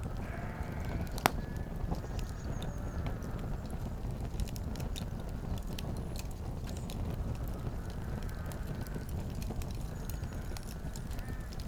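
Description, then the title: Sheep bleating faintly, a few drawn-out bleats at the start and later, over steady fire crackling and a low rumble. At Spadelsberg, Neuffen, Germany, beside a crackling fireplace. "Spadelsberg, 72639 Neuffen, Deutschland - fireplace. Knistern und Schafe"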